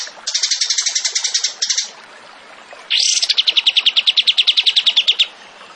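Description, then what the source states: Zebra finch song in two rapid trills: a buzzy, high, stuttering run, a short pause, then a sweeping note leading into a fast, even series of clipped notes. Masteran training recording of a gacor (vigorously singing) tembakan (zebra finch).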